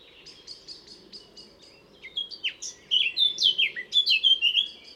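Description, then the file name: Eurasian blackcap song: a run of quick scratchy twitters, then a loud, rich, fluting warble of clear whistled notes in the second half, over a faint low hum. "Sylvia atricapilla"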